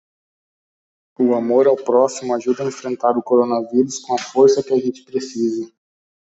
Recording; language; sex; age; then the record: spoken sentence; Brazilian Portuguese; male; 30 to 39 years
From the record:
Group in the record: control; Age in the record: 34 years